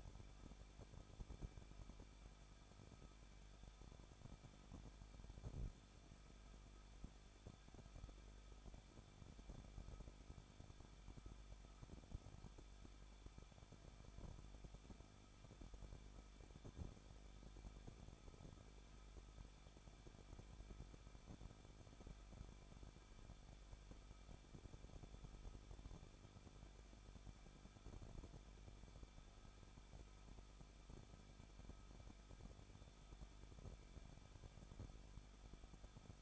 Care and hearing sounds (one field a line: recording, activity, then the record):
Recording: daily activity, microphone in the room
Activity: no activity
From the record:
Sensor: 5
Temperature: 20.9 degrees Celsius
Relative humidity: 38.2%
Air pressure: 1006.4 hPa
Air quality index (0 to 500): 187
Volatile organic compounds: 18 ppm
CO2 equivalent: 2632 ppm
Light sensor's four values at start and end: 2/3/1/1 and 2/3/1/1